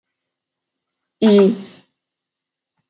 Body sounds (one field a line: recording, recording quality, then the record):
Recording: sustained vowel as in beet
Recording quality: excellent, no background noise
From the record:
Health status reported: exposed to COVID-19, no respiratory illness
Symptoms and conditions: cold, muscle pain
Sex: female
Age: 21 years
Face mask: not worn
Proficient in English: yes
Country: India